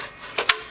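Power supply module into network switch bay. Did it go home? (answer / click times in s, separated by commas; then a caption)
yes / 0.4 s, 0.5 s. The second slotted power supply module is slid into the rear bay of a Cisco 3750X network switch until its connector and release key latch. A sharp click sounds at 0.4 s, followed by a louder, brighter snap at 0.5 s, over a faint hiss. The module snaps home and is seated.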